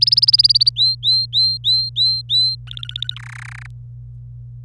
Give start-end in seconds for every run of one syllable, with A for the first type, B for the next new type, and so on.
0.01-0.69 A, 0.76-2.55 B, 2.67-3.14 C, 3.16-3.66 D